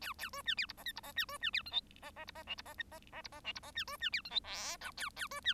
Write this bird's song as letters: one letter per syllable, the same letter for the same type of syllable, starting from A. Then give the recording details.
A A B C D E F G E F C B C D H I F F E F J E F G F F E F J E F C B C D H I K L A A B C. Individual Bird1